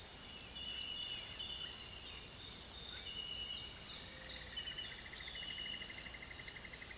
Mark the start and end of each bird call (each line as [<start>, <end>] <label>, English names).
[1.62, 1.70] Russet-backed Oropendola
[2.91, 3.01] Russet-backed Oropendola
[3.98, 6.97] unidentified bird